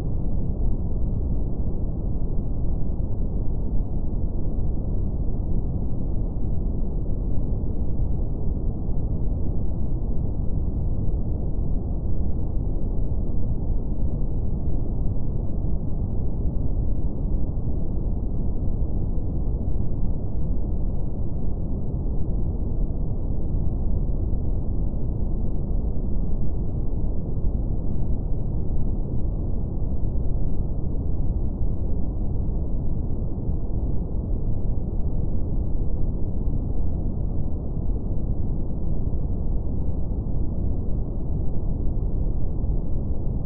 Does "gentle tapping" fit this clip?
no